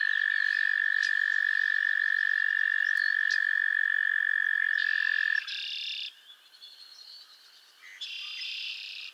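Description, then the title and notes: Frogs trilling, a loud unbroken trill for over five seconds that ends suddenly, then shorter, harsher buzzing trills in bursts from other frogs. Chorus of frogs calling to one another on a summer evening at Miners Marsh, Annapolis Valley, Nova Scotia. "Theraphonia - Frogsong at Miners Marsh. A chorus of frogs croon to one another on an idyllic summer evening in Miners Marsh, Annapolis Valley, Nova Scotia"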